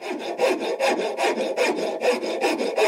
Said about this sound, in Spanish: ¿Sabes qué ruido es ese? ¡Serrucho! ¡Mamá está cortando madera!